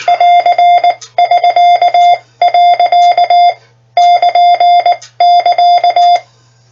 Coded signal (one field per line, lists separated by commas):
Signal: Morse code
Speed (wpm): 19 wpm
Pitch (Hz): 700 Hz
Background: none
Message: <AR><SK>.<KN><KA>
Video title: FMT NEW FISTS Morse Tutor